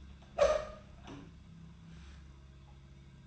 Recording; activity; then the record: daily activity, microphone in the room; open door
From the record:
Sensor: 2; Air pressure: 1004.8 hPa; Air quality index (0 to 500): 73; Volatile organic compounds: 1 ppm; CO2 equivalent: 867 ppm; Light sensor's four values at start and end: 7/17/7/7 and 7/17/7/7